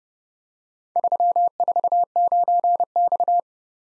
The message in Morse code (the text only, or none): 349X